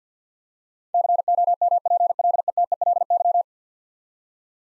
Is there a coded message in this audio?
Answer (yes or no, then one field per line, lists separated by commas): yes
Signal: Morse code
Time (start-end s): 0.9-3.4 s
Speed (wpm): 50 wpm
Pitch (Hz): 700 Hz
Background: none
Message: COMPLETELY